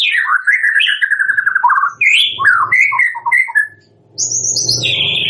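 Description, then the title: White-rumped shama delivering descending whistled phrases and short chattering notes, a brief pause, then high thin whistles. Lure song used for trapping (pikat); lively singing bird (gacor). "PANCINGAN MURAI BATU GACOR"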